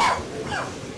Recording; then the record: coughing mixed with background sound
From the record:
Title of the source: Spring Cold Coughing 2